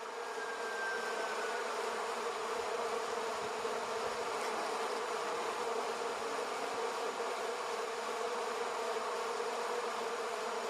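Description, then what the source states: Bees buzzing, a steady, dense drone from many insects with a constant hum, unbroken throughout. Bees in an almond orchard.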